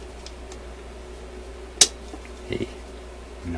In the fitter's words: no I don't think it's on the bottom no didn't catch the bottom a